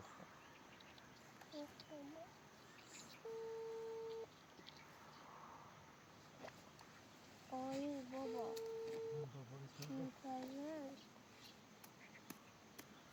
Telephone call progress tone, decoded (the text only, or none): ringback tone